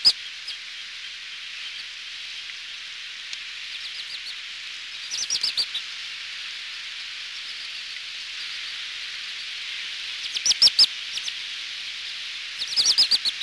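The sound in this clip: Xantus's murrelet giving a few short bursts of high, rapid twittering chirps, with fainter chirps between them over constant background hiss.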